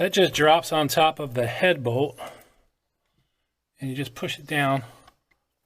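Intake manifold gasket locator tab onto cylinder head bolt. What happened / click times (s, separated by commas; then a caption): The part is being handled but has not yet clicked home / none. Someone talks while handling an intake manifold gasket on an LS-swapped 1965 C-10, being fitted during P0300 troubleshooting and new-part installation, positioning its locator tab to drop over a cylinder head bolt and push down. Speech fills most of the clip, with a pause in the middle and two faint ticks near the end. The tab has not yet locked onto the head bolt, and nothing has seated or clicked.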